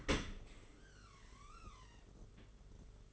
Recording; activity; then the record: daily activity, microphone in the room; open dishwasher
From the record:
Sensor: 4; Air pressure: 992.1 hPa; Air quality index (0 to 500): 108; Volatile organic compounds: 17 ppm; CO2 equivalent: 2592 ppm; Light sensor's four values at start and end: 23/78/28/30 and 23/78/29/30